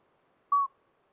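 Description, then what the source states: Common midwife toad giving a single short, pure, bell-like piping note, steady in pitch, against an otherwise silent night. Two toads singing through the night until dawn, 13 May 2020, Lesches-en-Diois, after two days of rain with dripping vegetation; recorded on a Nagra Seven with an MKH40 microphone.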